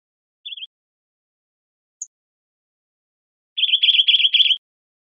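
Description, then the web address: Bridled titmouse with a single short buzzy note and a tiny high click, then a quick run of five scratchy, buzzing chatter notes. Recorded in Arizona. "Chickadees Allies AZFO BRTI Deviche"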